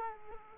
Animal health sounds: mosquito wingbeat signal from an infrared sensor; Culex quinquefasciatus

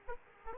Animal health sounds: mosquito wingbeat signal from an infrared sensor; Aedes aegypti

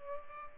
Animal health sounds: mosquito wingbeat signal from an infrared sensor; Culex pipiens

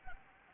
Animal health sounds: mosquito wingbeat signal from an infrared sensor; Anopheles arabiensis

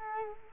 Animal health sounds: mosquito wingbeat signal from an infrared sensor; Culex quinquefasciatus

